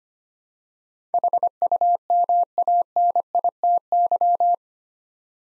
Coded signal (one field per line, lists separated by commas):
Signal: Morse code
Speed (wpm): 25 wpm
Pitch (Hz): 700 Hz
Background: none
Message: HUMANITY